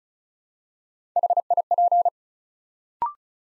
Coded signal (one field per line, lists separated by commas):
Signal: Morse code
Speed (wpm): 36 wpm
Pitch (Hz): 700 Hz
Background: none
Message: HIP